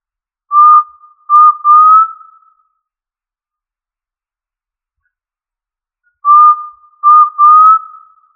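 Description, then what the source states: Quail giving a pure whistled call: a short note, a second, then a longer slightly rising note, the three-note phrase repeated after about three and a half seconds of silence. Listed under the family Tinamidae; local name puyuh.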